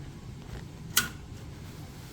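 A latching wire connector is released from the socket of a Zeiss microscope light source by pressing its release tab. Over a quiet low background hum, one sharp click is heard at 1.0 s as the connector comes out of the socket.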